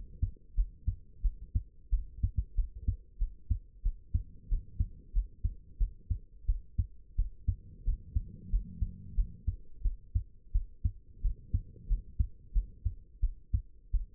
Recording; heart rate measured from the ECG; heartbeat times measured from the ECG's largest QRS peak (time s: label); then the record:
heart sounds by stethoscope; 90 bpm
0.55 s: heartbeat
1.22 s: heartbeat
1.90 s: heartbeat
2.55 s: heartbeat
3.19 s: heartbeat
3.83 s: heartbeat
4.49 s: heartbeat
5.13 s: heartbeat
5.78 s: heartbeat
6.46 s: heartbeat
7.16 s: heartbeat
7.85 s: heartbeat
8.50 s: heartbeat
9.15 s: heartbeat
9.83 s: heartbeat
10.52 s: heartbeat
11.22 s: heartbeat
11.88 s: heartbeat
12.53 s: heartbeat
13.21 s: heartbeat
13.92 s: heartbeat
From the record:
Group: healthy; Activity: cold pressor test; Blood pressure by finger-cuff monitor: 84/48 mmHg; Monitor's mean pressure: 62 mmHg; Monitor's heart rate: 91 bpm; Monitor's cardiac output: 8.5 L/min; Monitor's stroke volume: 93 mL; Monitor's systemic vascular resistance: 510 dyn s/cm5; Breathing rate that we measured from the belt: 17 breaths a minute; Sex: female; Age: 22 years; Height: 161 cm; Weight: 65.5 kg